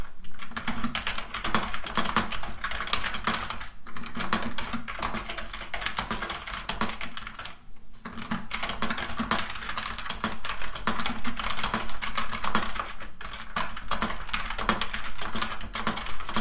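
Fast typing on a computer keyboard, a dense, steady stream of crisp clicks and taps running through the whole stretch. Brief pauses break it near four and eight seconds. A low, steady hum sits underneath.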